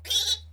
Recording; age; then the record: pig call; piglet (1 to 25 days)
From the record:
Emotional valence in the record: negative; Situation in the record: restrain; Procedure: back test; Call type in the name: high-frequency call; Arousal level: medium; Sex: male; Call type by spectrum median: high-frequency call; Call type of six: high-frequency stable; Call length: 0.54 s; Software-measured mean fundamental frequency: 224 Hz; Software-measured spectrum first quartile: 3498 Hz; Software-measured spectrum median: 4024 Hz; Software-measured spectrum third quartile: 5818 Hz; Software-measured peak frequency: 3417 Hz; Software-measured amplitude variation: 148 dB a second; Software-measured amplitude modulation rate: 17.7 a second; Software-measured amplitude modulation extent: 8.3 dB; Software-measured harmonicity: 6.2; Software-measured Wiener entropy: -3.58